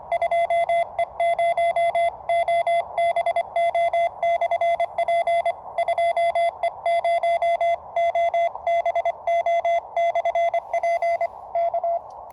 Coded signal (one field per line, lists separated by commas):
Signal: Morse code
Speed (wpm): 24 wpm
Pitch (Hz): 680 Hz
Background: radio noise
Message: 2E0OBO/P 2E0OBO/P K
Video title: Multi-band, Low-loss, works without ATU. ZS6BKW: is it my new POTA antenna?!